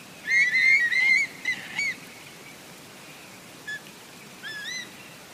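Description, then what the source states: Eastern Curlew calls: a loud burst of ringing notes, then after a pause two softer upslurred notes. Distinctive call heard across coastal wetlands, estuaries, mangrove swamps, bays and lagoons.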